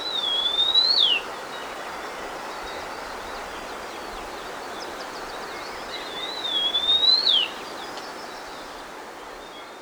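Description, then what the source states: Sunda bush warbler song: two phrases several seconds apart, each a thin high whistle that dips, then rises and ends in a quick sharp downward flourish, over faint chirps and steady background hiss. Recorded 1 March 2008.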